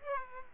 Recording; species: mosquito wingbeat signal from an infrared sensor; Aedes aegypti